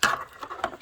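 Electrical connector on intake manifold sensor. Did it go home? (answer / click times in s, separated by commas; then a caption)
no / none. A plastic electrical connector on an intake manifold sensor of a 2008 VW Jetta MK5 with the 2.0T FSI engine is levered with a screwdriver and pulled to disconnect it. Short, sharp plastic taps and scrapes sound near 0.0, 0.4, 0.6 and 0.8 seconds. The connector release has not clicked.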